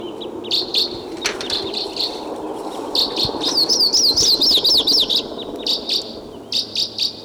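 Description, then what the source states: Red Crossbill calls: scattered high chip notes, then a fast wavering warble of rising and falling notes, followed by more spaced chips over a low hum. Type 2 call type, wild bird, calling, probably from a tree right above a truck; recorded on a tape recorder.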